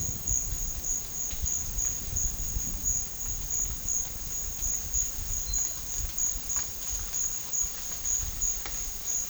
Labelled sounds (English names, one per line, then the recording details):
none
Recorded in pastures near Puerto Asís, Putumayo, Colombia, on 29 June 2025 at 14:30
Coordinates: 0.466, -76.322
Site GP07